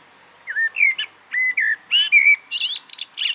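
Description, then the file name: Common blackbird song: fluted whistled phrases mixed with squeaky high notes, ending in a burst of high twittering, over a steady high background tone. "Turdus merula"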